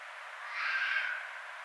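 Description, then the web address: Red fox call: one raspy, wavering scream of under a second, swelling midway through, with a quiet hiss before and after. Recorded 6 February 2012. "Red Fox 2012 02 06 Red Fox"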